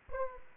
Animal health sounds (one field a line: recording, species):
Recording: mosquito wingbeat signal from an infrared sensor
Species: Aedes aegypti